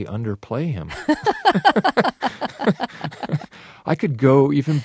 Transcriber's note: soundbite of laughter